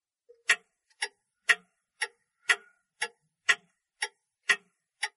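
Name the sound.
clock ticking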